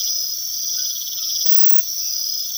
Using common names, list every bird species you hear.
none